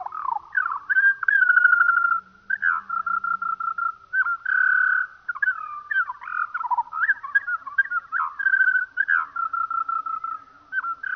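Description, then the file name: Eurasian skylark song, slowed: mellow warbling mixing fluttering trills, held whistles and twisting slides. Played slowed down. "skylark slowed down"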